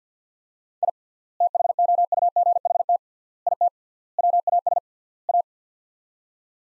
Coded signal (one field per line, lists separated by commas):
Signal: Morse code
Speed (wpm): 50 wpm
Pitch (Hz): 700 Hz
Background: none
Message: I THOUGHT IT WAS A